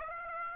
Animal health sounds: mosquito wingbeat signal from an infrared sensor; Aedes aegypti

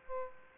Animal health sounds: mosquito wingbeat signal from an infrared sensor; Aedes albopictus

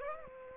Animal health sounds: mosquito wingbeat signal from an infrared sensor; Aedes aegypti

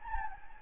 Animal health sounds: mosquito wingbeat signal from an infrared sensor; Anopheles gambiae

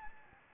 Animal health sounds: mosquito wingbeat signal from an infrared sensor; Anopheles gambiae

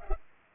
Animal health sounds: mosquito wingbeat signal from an infrared sensor; Culex pipiens

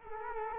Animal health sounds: mosquito wingbeat signal from an infrared sensor; Culex quinquefasciatus

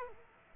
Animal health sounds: mosquito wingbeat signal from an infrared sensor; Culex quinquefasciatus

